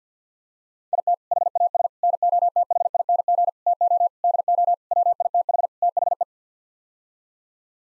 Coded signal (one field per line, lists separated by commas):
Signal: Morse code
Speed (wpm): 50 wpm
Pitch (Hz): 700 Hz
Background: none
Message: IT HAS NOTHING TO DO WITH THE